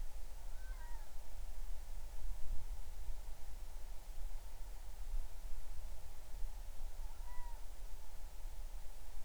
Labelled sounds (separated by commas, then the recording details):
bird
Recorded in the Arctic National Wildlife Refuge, Alaska, on 20 July 2019 at 03:02
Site 38